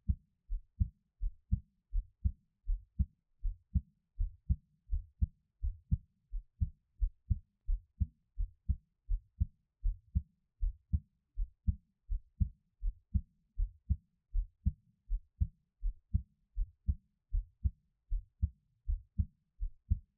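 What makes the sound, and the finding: Heart, close-miked. Normal heart sounds.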